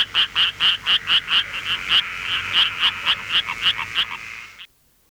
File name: Litoria nasuta